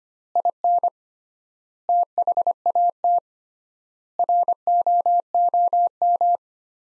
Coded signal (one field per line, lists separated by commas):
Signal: Morse code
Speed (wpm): 25 wpm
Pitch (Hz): 700 Hz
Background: none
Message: IN THAT ROOM